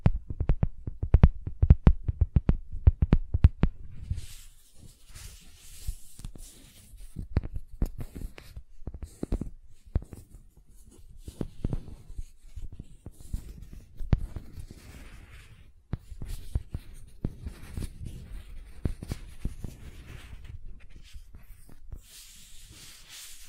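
Soft silicone being pressed and handled, with quick dull taps packed tightly in the first four seconds. After that the sound thins into sparse sticky squelches and light crinkly rustles, with single soft knocks at irregular moments and a faint hiss between them.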